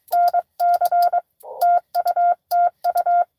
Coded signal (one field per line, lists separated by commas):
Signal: Morse code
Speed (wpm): 23 wpm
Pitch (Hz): 700 Hz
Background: none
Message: NC TU TU